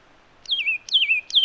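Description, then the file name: Satin flycatcher giving three clear whistles, each sliding down from a high start to a lower held tone, in quick succession. "Myiagra Cyanoleuca"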